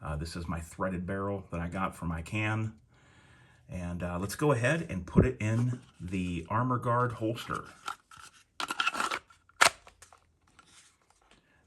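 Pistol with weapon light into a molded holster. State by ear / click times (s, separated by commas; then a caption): seated / 9.6 s. Someone talks, then a pistol fitted with a 500-lumen weapon light and a threaded barrel for a can is pushed into a rigid molded Armor Guard holster, with a quick run of small scraping contacts around 8.6–9.0 s. A single sharp click at 9.6 s marks the retention engaging, and the pistol is seated and locked in the holster, whose retention can be adjusted with two screws.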